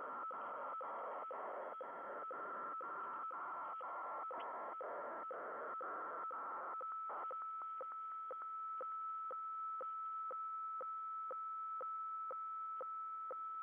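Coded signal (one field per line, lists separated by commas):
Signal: weather fax (radiofax)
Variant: 120 lines per minute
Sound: scratchy warbling tone ticking twice a second, then steady whistle with regular clicks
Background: radio static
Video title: 8503 KHZ WEFAX Using MultiPsk and Winradio Excalibur Pro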